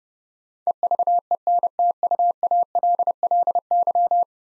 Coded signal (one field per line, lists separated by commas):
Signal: Morse code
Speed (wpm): 30 wpm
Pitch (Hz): 700 Hz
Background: none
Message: EVENTUALLY